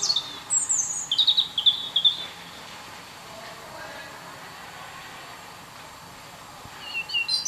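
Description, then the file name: European robin song: a short phrase of thin, high notes, several seconds of near silence, then high notes returning at the end. "Erithacus rubecula"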